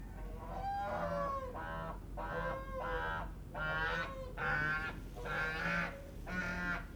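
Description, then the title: Domestic goose: geese honking in a run of harsh, nasal calls, several bursts in seven seconds, over a low steady background rumble. Domestic geese on waking in a farmyard, Mentque-Nortbécourt, Pas de Calais, France, 28 February 2022 at 07:23, late winter, very fine sunny morning; recorded with ORTF and spaced microphones. "Oies Domestiques 63 Rue Wattre, Mentque-Nortbécourt, France"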